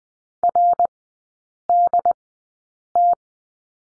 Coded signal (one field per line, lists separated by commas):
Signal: Morse code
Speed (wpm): 20 wpm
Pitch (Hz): 700 Hz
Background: none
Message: RDT